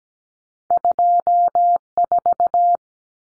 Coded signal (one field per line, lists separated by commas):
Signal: Morse code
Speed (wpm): 17 wpm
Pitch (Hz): 700 Hz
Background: none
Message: 24